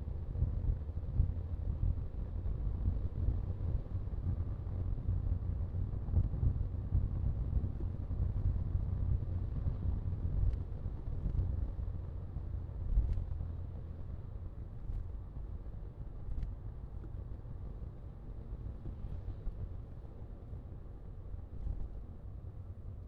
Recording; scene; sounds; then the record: everyday scene through a hearing-aid microphone; in a vehicle; engine, rumble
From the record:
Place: Skoda Fabia, gasoline engine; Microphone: in the ear canal, left